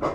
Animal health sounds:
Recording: pig call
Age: growing-finishing pig (85 days or more)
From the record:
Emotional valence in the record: positive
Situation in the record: run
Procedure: transit

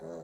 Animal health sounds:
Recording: pig call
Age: piglet (1 to 25 days)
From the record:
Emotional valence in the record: negative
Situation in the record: long isolation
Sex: female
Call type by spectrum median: low-frequency call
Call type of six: low-frequency stable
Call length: 0.24 s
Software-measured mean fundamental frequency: 50 Hz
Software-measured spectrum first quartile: 326 Hz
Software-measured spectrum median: 478 Hz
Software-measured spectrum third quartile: 633 Hz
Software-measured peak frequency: 515 Hz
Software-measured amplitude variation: 65 dB a second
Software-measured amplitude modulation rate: 19.0 a second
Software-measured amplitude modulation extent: 3.4 dB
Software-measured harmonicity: 1.1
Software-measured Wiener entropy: -0.03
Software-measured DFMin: 1362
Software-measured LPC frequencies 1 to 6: 532, 4006, 5999, 7181, 8726, 9869 Hz

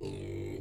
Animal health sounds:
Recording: pig call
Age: weaner (32 to 43 days)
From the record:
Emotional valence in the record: negative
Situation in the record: long isolation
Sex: female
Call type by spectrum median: low-frequency call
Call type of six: low-frequency stable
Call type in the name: low-frequency stable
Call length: 0.61 s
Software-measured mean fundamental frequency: 48 Hz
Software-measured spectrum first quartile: 129 Hz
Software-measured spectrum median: 309 Hz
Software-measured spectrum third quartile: 503 Hz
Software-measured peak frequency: 380 Hz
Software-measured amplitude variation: 104 dB a second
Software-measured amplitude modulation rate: 36.1 a second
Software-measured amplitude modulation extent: 2.9 dB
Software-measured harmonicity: -0.3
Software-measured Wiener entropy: -0.01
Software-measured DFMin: 1172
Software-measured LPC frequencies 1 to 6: 369, 2181, 2649, 3952, 4554, 6423 Hz

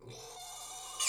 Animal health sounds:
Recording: pig call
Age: weaner (32 to 43 days)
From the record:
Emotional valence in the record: negative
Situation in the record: restrain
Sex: male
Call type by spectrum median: high-frequency call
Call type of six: high-frequency stable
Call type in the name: high-frequency stable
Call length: 1.09 s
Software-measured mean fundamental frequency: 186 Hz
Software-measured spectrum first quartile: 2916 Hz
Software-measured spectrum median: 5508 Hz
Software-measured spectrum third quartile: 7652 Hz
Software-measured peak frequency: 7209 Hz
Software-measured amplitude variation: 80 dB a second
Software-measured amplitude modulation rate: 26.6 a second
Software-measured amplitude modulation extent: 3.0 dB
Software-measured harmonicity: 1.7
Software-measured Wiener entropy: -1.83

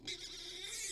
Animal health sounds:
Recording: pig call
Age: weaner (32 to 43 days)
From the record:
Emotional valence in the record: negative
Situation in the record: restrain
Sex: male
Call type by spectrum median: high-frequency call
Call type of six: high-frequency stable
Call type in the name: high-frequency stable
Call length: 0.92 s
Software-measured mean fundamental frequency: 339 Hz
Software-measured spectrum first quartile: 3021 Hz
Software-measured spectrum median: 4719 Hz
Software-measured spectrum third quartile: 6876 Hz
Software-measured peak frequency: 3647 Hz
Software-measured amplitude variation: 118 dB a second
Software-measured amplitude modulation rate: 20.8 a second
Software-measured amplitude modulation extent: 5.7 dB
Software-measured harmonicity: 2.3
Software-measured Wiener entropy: -1.74

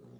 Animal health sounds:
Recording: pig call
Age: piglet (1 to 25 days)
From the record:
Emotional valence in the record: negative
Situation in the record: short isolation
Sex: female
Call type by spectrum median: low-frequency call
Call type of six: low-frequency stable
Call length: 0.20 s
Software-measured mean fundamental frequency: 60 Hz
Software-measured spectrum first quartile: 158 Hz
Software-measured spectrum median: 264 Hz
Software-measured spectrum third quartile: 482 Hz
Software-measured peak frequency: 206 Hz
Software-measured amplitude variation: 79 dB a second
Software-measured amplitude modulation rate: 17.3 a second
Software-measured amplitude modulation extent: 4.6 dB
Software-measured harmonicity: -2.6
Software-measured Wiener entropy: 0.53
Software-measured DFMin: 1210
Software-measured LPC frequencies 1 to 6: 360, 3447, 5561, 6747, 7950, 9385 Hz

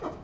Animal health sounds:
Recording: pig call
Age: growing-finishing pig (85 days or more)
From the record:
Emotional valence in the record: positive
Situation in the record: run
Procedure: transit

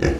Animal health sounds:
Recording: pig call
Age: growing-finishing pig (85 days or more)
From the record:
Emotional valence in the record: negative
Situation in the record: barren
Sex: female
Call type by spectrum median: low-frequency call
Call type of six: low-frequency modulated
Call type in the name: low-frequency modulated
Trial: 2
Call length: 0.20 s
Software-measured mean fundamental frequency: 42 Hz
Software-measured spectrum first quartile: 172 Hz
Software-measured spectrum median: 370 Hz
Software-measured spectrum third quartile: 932 Hz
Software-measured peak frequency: 344 Hz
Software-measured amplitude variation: 130 dB a second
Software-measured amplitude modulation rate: 22.8 a second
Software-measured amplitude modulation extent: 5.7 dB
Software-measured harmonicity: -0.2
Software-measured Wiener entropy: -1.15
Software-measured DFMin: 787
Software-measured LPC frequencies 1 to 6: 431, 1711, 2602, 5084, 5772, 7109 Hz

